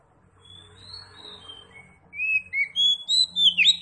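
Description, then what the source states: Oriental magpie-robin singing faint whistles over a low hum, then loud, bright rising whistles in quick succession. Tretes kacer, singing vigorously (gacor).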